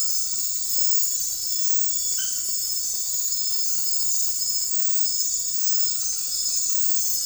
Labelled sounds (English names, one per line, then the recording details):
none
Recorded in dense forest near Puerto Asís, Putumayo, Colombia, on 18 February 2024 at 03:00
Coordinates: 0.484, -76.317
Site G6464